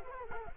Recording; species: mosquito wingbeat signal from an infrared sensor; Culex quinquefasciatus